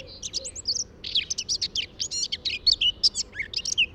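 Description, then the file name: Eurasian blackcap song: a steady stream of varied high chirps and slurred whistles, closely spaced, over a low background hum. "Sylvia atricapilla"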